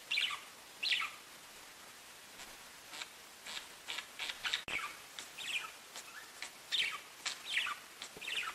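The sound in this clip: Budgerigar chirping: bright, scratchy warbled chirps in uneven bursts, some rising and falling, with short pauses between clusters.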